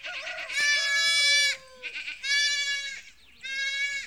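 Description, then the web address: Sheep bleats: three long nasal calls, the first about a second and the others shorter, separated by short pauses. Sheep on a farm. "KMP Film Video Sound Effects. Schapen - Boerderij"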